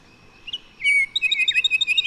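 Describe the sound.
Bird song: a couple of soft notes, a bright sustained whistle, then a rapid run of repeated chirping notes to the end.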